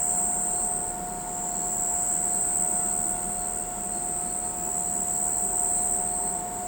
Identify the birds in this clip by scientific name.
none